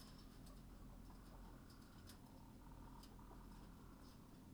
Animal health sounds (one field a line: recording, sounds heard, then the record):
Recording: poultry house recording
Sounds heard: healthy chickens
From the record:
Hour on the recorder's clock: 20